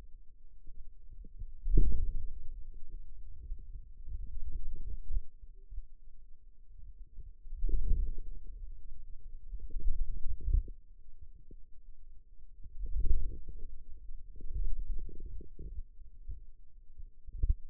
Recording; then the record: forearm muscle sounds (acoustic myography)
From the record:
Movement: wrist extension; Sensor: system 2, bracelet of six BSWA MPA416 microphones around the upper forearm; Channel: 2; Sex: male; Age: 22 years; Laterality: right